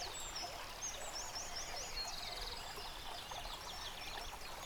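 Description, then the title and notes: Birds singing, with a few high whistled notes and a short trill over a rushing stream. Bird chorus recorded beside a stream at Dlouhý Důl, Krásná Lípa, Czechia, on a ZOOM H6 recorder. "Dlouhý Důl 14, 407 47 Krásná Lípa, Czechia - Ptáci a potok. Ptačí sněm snímaný u potoka.. nahráno na ZOOM H6"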